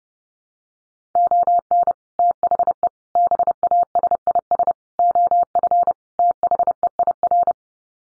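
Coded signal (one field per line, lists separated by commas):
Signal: Morse code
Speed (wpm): 30 wpm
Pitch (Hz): 700 Hz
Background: none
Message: ON THE BASIS OF THEIR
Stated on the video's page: Morse code practice for head-copying five-word sets at 30 wpm.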